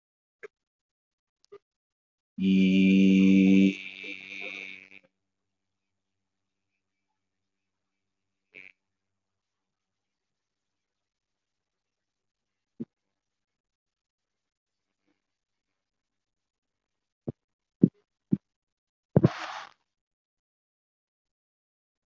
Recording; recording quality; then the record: sustained vowel as in beet; moderate, slight background noise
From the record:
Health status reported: exposed to COVID-19, no respiratory illness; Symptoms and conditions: none ticked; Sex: male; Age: 19 years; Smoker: not ticked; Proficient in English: yes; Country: India